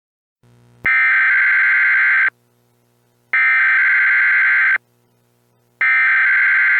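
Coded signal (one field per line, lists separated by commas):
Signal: Emergency Alert System (SAME) tones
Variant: header bursts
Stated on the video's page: Fictional EAS scenario alert based on a film snap, not a real broadcast.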